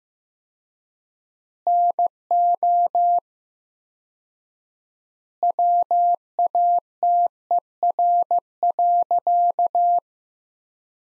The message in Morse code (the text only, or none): NO WATER.